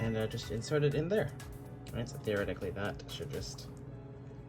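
A mini SIM card is being pushed into the SIM tray of an LTE modem while someone talks over background music. The clip ends before the card goes home, so nothing has seated or clicked yet.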